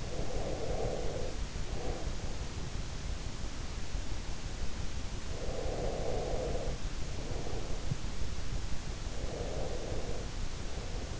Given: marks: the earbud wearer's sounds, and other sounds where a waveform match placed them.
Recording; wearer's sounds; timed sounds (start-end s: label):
sounds in sleep by an in-ear microphone; breath
0.00-2.48 s: breath
5.16-7.88 s: breath
9.07-11.20 s: breath